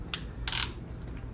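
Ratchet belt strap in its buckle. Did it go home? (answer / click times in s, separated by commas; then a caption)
released / 0.1 s, 0.5 s. The ratchet buckle lever of a stiff EDC gun belt is worked to let the belt strap release from its buckle. Sharp ratchet clicks sound at 0.1 and 0.5 seconds, with a few smaller ticks after. The belt strap releases.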